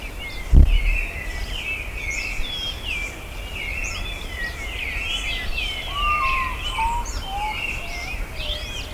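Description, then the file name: Bird chorus of overlapping high chirps and trills, one dull thump early on, and a few descending whistled notes near the end. "SABIOD 50 bird 2015"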